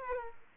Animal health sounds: mosquito wingbeat signal from an infrared sensor; Aedes aegypti

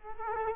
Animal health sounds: mosquito wingbeat signal from an infrared sensor; Culex quinquefasciatus

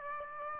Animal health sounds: mosquito wingbeat signal from an infrared sensor; Aedes aegypti

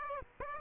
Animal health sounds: mosquito wingbeat signal from an infrared sensor; Aedes aegypti

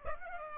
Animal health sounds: mosquito wingbeat signal from an infrared sensor; Aedes aegypti

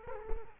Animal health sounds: mosquito wingbeat signal from an infrared sensor; Culex quinquefasciatus

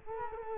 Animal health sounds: mosquito wingbeat signal from an infrared sensor; Culex quinquefasciatus

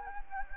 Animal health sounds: mosquito wingbeat signal from an infrared sensor; Anopheles gambiae

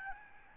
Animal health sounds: mosquito wingbeat signal from an infrared sensor; Aedes albopictus

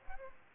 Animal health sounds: mosquito wingbeat signal from an infrared sensor; Aedes aegypti

